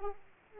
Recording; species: mosquito wingbeat signal from an infrared sensor; Aedes aegypti